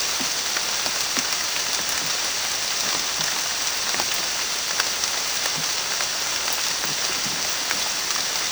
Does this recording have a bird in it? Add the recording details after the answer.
no. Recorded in dense forest near Puerto Asís, Putumayo, Colombia, on 27 June 2025 at 07:30. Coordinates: 0.484, -76.317. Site G045